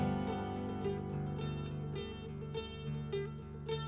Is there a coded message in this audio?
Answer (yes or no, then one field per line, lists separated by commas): no